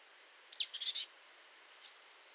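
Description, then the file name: Marsh tit call: a sharp, high descending note followed quickly by several short buzzy notes, all within half a second, against a faint steady hiss. "Poecile palustris"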